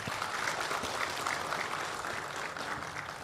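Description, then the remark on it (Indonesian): Sustained applause from a crowd at the handover of the Lumintu internet business unit to the village government of Kerang Gintung, Sumbang, Banyumas, a dense even patter of many hands clapping at steady loudness throughout, with no voices standing out. “Tepuk tangan.”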